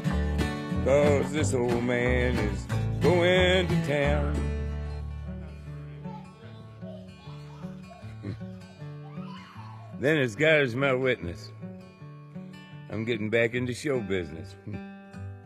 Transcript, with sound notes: cause this old man is going to town.
(Laughter).
Then as God is my witness, I'm getting back into show business.